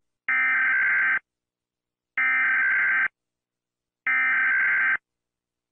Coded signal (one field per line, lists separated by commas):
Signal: Emergency Alert System (SAME) tones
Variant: header bursts